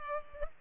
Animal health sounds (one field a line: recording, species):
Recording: mosquito wingbeat signal from an infrared sensor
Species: Culex pipiens